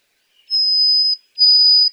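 White-throated sparrow whistles: two long, steady, pure notes on the same high pitch with a short gap between them.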